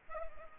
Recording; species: mosquito wingbeat signal from an infrared sensor; Culex pipiens